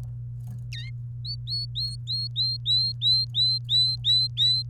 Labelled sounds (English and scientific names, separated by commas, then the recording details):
Domestic Canary (Serinus canaria) song
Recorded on 28 April 2018 at 15:34
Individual llb3